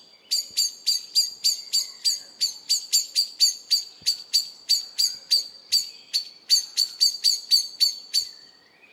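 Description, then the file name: Common blackbird calling a long, steady run of sharp chinking notes, roughly three or four each second, with no other sounds standing out. "Turdus merula"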